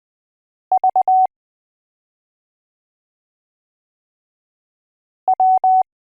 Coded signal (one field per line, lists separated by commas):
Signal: Morse code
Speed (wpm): 20 wpm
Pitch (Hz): 750 Hz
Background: none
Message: V W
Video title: Learning Morse Code from A to Z. #CW #MorseCode